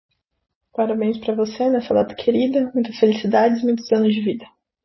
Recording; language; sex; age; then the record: short text; Brazilian Portuguese; female; 20 to 29 years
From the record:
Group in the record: control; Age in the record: 27 years